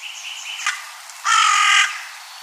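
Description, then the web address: Crow giving a single loud, harsh, raspy caw lasting about half a second, preceded by a fainter, thinner call and a brief click. "Oiseaux oiseau Corneille"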